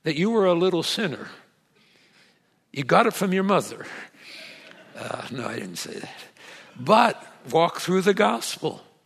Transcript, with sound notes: that you are a little sinner, you got it from your mother, (laughing) no I didn’t say that. But walk through the gospel,